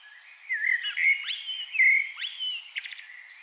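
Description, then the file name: Common blackbird: short stretch of soft, mellow blackbird warbling with a few high squeaky notes over faint background hiss. "Turdus merula"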